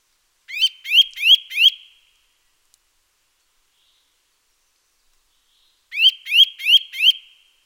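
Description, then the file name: Eurasian nuthatch uttering two bursts of four quick rising whistled notes separated by about four seconds of silence. "Sitta europaea"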